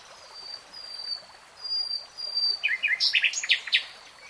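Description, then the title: Nightingale song with faint thin whistles leading into a short, loud jumble of sharp varied notes. Real-time recording of a nightingale singing. "[Tiếng chim hót] REALTIME Nightingale Singing"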